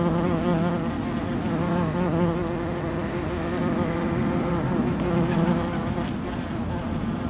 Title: Saint-Gilles, Belgique - Bees, pigeons and sparrows